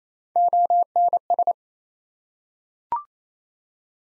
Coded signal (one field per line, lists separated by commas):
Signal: Morse code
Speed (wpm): 28 wpm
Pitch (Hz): 700 Hz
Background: none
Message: ONS